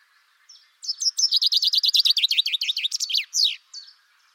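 Bird song: a single chirp, then a loud burst of rapid high notes for over two seconds, ending in a sweeping down-slurred note and one last chirp.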